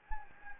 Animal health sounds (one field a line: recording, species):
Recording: mosquito wingbeat signal from an infrared sensor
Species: Anopheles gambiae